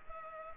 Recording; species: mosquito wingbeat signal from an infrared sensor; Culex pipiens